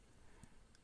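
Both sides of a plastic wire clamp connector clip on the power board wires of a Young Living Aria or Puzhen Yun diffuser that won't power on are pressed shut. Two short, sharp snaps are heard at 0.4 s and 0.7 s over a low, steady background. Both clips are down and the connector is seated.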